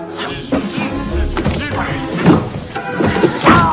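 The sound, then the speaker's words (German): A few muffled thuds and scraping knocks as something is crammed into a drawer, with a dull low thump near the middle and voices breaking in over the clatter. “Er stopft ihn in eine Schublade.”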